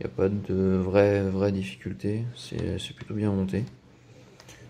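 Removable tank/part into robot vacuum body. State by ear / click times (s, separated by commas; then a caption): seated / 4.4 s. Someone talks, then after a quiet pause a plastic removable part of a Domoova DRV80 Animals robot vacuum (the tank or mop assembly) is pushed into its seat in the vacuum body. A short, sharp click at 4.4 s marks it clipping into place; it goes in well and clips in easily.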